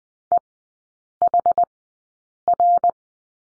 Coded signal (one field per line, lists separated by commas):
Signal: Morse code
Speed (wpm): 20 wpm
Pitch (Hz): 700 Hz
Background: none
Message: EHR